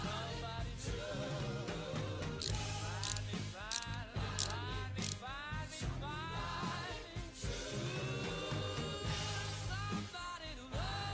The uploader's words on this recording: Tony Stark's Lab Ambience ASMR. Mechanical whirring, tinkering sounds (hammering, drillling, etc), music.